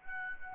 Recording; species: mosquito wingbeat signal from an infrared sensor; Aedes albopictus